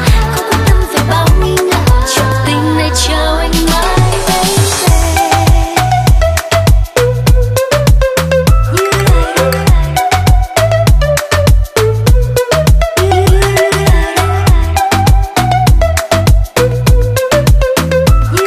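Loud, steady dance music at a wedding party, with a thumping regular beat, deep bass, a sliding bass sweep near three seconds, and bright melody.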